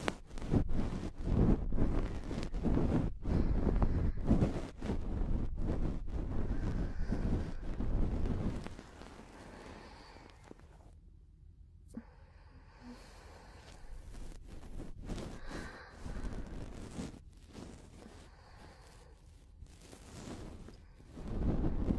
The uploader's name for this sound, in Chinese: 近距离掏耳（可以听到呼吸声的那种）